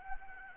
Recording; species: mosquito wingbeat signal from an infrared sensor; Anopheles arabiensis